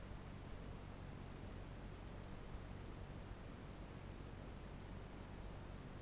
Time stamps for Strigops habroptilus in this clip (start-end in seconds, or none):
none